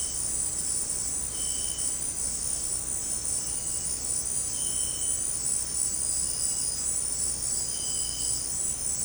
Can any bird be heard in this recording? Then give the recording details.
no. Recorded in secondary vegetation near Puerto Asís, Putumayo, Colombia, on 19 March 2025 at 18:00. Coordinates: 0.484, -76.319. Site G010